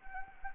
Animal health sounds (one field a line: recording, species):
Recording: mosquito wingbeat signal from an infrared sensor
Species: Anopheles gambiae